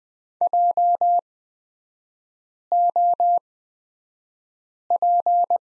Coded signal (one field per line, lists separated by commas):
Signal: Morse code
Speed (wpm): 20 wpm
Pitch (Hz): 700 Hz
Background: none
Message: JOP